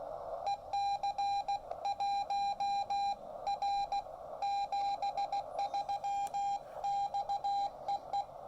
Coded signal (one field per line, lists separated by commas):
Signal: Morse code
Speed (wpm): 18 wpm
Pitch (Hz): 800 Hz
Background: none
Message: EC1R 73 XEE